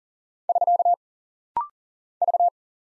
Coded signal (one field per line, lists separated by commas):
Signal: Morse code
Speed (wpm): 40 wpm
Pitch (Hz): 700 Hz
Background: none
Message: <SK> V